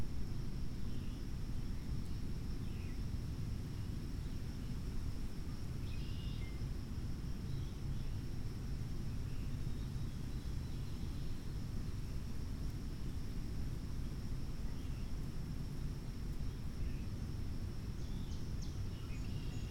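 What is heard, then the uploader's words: Steady low wind roars through oak and hickory woods, with a constant high insect whine and scattered faint bird chirps. Pigeon River Fish and Wildlife Area. Warning: wind clipping audio throughout (especially in the left ear). Windy day in an oak and hickory stand adjacent to a mill pond.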